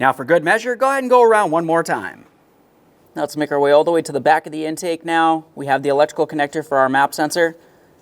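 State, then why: Not seated. Someone talks while working at the back of the intake on a 2015-2020 Ford F-150 3.5L V6 during an intake VVT solenoid replacement, reaching the plastic electrical connector for the MAP sensor. Speech fills the clip, with a short quiet gap around 2.2 to 3.1 s. The connector has not yet been pressed onto the MAP sensor, so nothing has seated or clicked.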